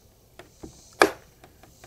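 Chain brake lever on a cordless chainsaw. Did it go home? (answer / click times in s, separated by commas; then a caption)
yes / 1.0 s. The plastic chain brake lever, or kickback guard, on a cordless chainsaw is pushed forward until it positively locks. A sharp, bright click at 1.0 s marks the brake latching, with a few faint ticks before and after. The chain brake is locked.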